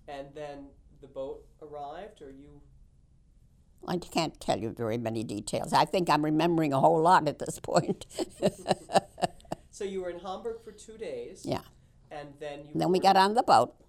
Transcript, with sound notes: And then the boat arrived, or you...
I can't tell you very many details. I think I'm remembering a whole lot at this point. ( she laughs )
So you were in Hamburg for two days.
And then we got on the boat?